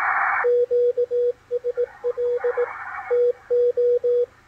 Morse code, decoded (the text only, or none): QSL TO